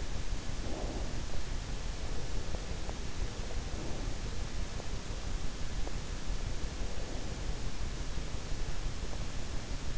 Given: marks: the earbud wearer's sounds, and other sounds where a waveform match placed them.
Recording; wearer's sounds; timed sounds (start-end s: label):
sounds in sleep by an in-ear microphone; breath
0.00-3.82 s: breath